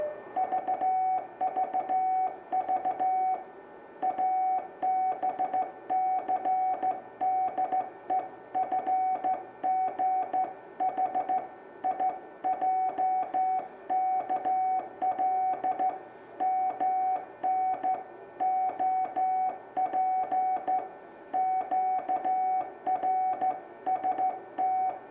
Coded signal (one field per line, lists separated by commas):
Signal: Morse code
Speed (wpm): 14 wpm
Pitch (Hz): 750 Hz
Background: music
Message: VVV ABCDEFGH IJKL MN OP QRST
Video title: DL2HS Alphabet in Morsecode mit Handtasten & Paddle